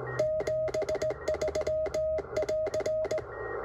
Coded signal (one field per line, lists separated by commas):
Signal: Morse code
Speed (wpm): 18 wpm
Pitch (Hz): 620 Hz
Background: radio noise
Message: 73 <AR>